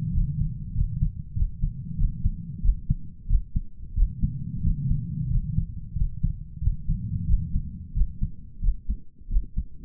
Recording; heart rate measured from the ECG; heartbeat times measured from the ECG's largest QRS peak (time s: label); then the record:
heart sounds by stethoscope; 92 bpm
0.12 s: heartbeat
0.74 s: heartbeat
1.35 s: heartbeat
1.97 s: heartbeat
2.62 s: heartbeat
3.27 s: heartbeat
3.95 s: heartbeat
4.62 s: heartbeat
5.28 s: heartbeat
5.94 s: heartbeat
6.60 s: heartbeat
7.27 s: heartbeat
7.94 s: heartbeat
8.61 s: heartbeat
9.29 s: heartbeat
From the record:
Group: healthy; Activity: rest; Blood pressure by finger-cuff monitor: 127/71 mmHg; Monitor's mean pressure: 88 mmHg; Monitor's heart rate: 91 bpm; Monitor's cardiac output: 8.5 L/min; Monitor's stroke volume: 94 mL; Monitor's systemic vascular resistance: 750 dyn s/cm5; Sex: male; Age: 33 years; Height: 179 cm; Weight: 80.4 kg